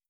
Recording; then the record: hydrophone in a shrimp aquaculture tank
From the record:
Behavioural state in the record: starved